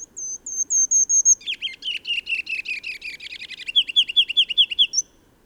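Bird song: a run of thin, high whistled notes, then a fast, buzzy chattering series of lower chirps rolling for about four seconds before stopping.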